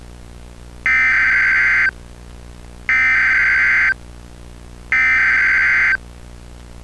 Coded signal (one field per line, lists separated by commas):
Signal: Emergency Alert System (SAME) tones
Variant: header bursts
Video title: STARFALL: A EAS Long Scenario/Analog Horror